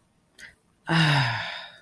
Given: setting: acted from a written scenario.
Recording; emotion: vocal sound without words; contentment